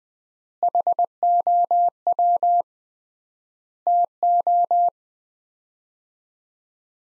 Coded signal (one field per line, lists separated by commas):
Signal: Morse code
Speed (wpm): 20 wpm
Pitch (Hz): 700 Hz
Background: none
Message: HOW TO